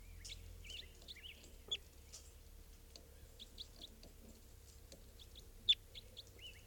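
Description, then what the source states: Red Crossbill calls: short chip-like notes given in loose bursts, with a steady low hum and faint background noise. Wild type 2 birds a few hundred yards away, exciting the decoys, around 6:25–6:31 a.m.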